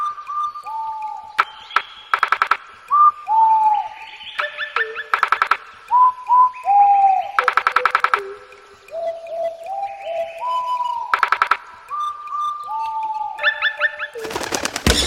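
Bird calls: a sequence of clear tonal notes stepping up and down in pitch, broken by short harsh rattling bursts, with a noisy flurry at the end.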